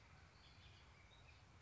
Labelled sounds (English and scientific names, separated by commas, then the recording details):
Bullock's Oriole (Icterus bullockii)
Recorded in Sonoma County, California